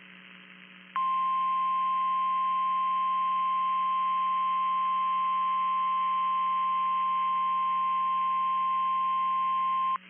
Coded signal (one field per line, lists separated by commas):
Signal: Emergency Alert System (SAME) tones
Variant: 1050 Hz attention tone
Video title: Remaining EAS Alerts from 08/29/2025 (EAS #444-#447)